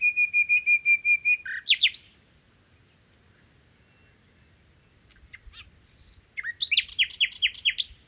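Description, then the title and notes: Common nightingale song: a steady run of pure repeated whistles, a sharp flourish, silence, then a note and a rapid rattling series of rich chirps. Song recorded 1 May 2019 in the Crau, Bouches-du-Rhône, France, on a Nagra recorder comparing cardioid and omnidirectional microphones. "Crau - Bouches du Rhône. Rossignol philomèle"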